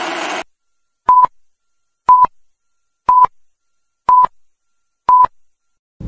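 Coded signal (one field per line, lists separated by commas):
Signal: none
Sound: intro music beeps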